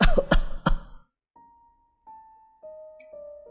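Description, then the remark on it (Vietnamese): A man, choking on his saliva, chokes and coughs three times in quick, harsh bursts, then falls silent. A faint, steady tone lingers afterward. “bất ngờ bị sặc nước bọt, ho khụ khụ lên.”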